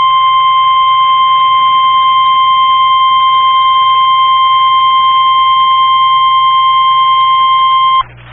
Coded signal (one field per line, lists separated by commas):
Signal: Emergency Alert System (SAME) tones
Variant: 1050 Hz attention tone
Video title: EAS Tornado Warning South Carolina Statewide Tornado Drill NOAA Weather Radio +WeatherSTAR4000